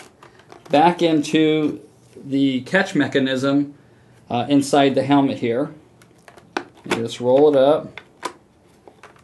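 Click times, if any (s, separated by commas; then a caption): none. A motorcycle helmet's face shield is handled and rolled toward the catch mechanism inside an HJC modular helmet while someone talks, with a few small handling taps and knocks between the phrases. The clip ends before the shield goes home, so nothing has seated or clicked yet.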